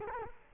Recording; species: mosquito wingbeat signal from an infrared sensor; Culex quinquefasciatus